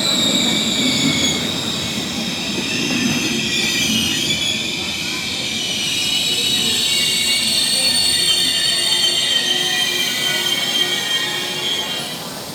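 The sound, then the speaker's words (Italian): A Trenitalia regional train from La Spezia Centrale to Sestri Levante rolls in steadily at the platform of Levanto station, Italy, with high, sustained wheel squeals ringing over a low rumble of rail noise, holding loud for the whole stretch before easing slightly at the end. “Gare de Levanto - Quai de la gare”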